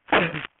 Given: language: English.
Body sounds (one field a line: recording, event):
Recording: throat vibration sensor signal played as sound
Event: cough